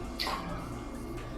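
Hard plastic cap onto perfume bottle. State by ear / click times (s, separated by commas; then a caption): not seated / none. A hard plastic cap is handled onto a Royal Blend Sequoia perfume bottle by French Avenue, where it must be lined up with the grooves and twisted to fit. A brief handling sound at about 0.2 s rises over steady background noise. Nothing has seated or clicked yet.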